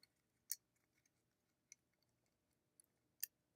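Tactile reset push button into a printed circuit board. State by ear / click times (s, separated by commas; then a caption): seated / 0.5 s, 3.2 s. A through-hole tactile reset push button has its legs pushed through the holes of the main printed circuit board until it snaps into place. Sharp, bright clicks land at 0.5 s and 3.2 s, with fainter ticks in between. The button ends up seated in the board.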